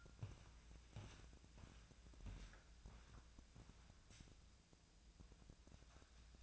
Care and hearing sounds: daily activity, microphone in the room; walk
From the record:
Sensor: 2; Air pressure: 1012.0 hPa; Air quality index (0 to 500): 171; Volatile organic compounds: 2 ppm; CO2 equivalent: 1250 ppm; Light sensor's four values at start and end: 49/124/54/62 and 45/120/51/57

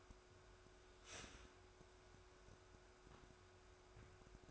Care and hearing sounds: daily activity, microphone in the room; start toaster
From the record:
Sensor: 2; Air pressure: 1014.6 hPa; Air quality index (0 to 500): 204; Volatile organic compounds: 23 ppm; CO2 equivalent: 2792 ppm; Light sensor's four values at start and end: 3/9/3/3 and 3/9/3/3

